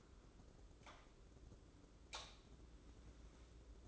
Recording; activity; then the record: daily activity, microphone in the room; light on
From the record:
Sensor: 3